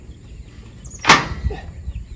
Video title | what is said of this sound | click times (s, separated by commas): Unboxing And Assembling The BEST Inexpensive Chicken Hen Laying Boxes On Amazon! Made My Vevor! | And it just snaps right in. | 1.1 s